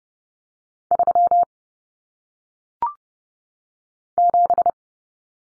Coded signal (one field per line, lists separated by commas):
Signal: Morse code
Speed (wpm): 30 wpm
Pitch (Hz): 700 Hz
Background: none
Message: 3 7